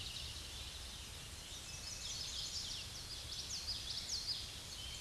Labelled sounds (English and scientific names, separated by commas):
Common Yellowthroat (Geothlypis trichas) song